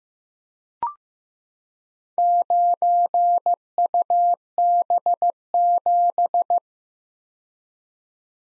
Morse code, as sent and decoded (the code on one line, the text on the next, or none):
----. ..- -... --...
9UB7